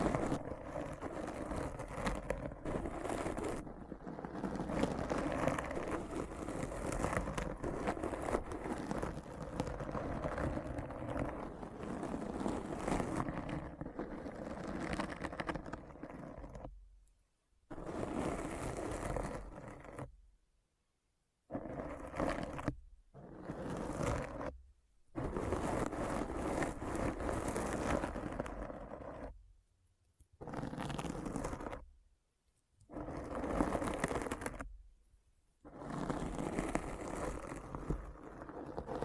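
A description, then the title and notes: Deep brain scratch ASMR: dense, rough scratching with a low rumbling body, steady and continuous for the first seventeen seconds. After that it breaks into bursts of a few seconds each, separated by abrupt full silences around 17, 21, 25, 30 and 34 seconds. ASMR Deep Brain Scratch (No Talking).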